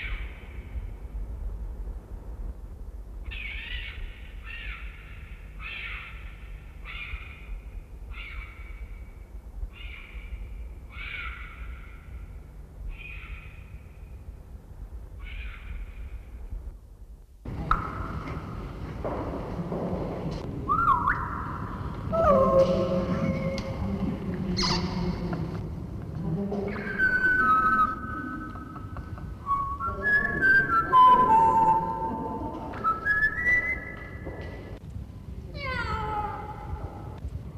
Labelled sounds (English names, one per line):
Grey Parrot call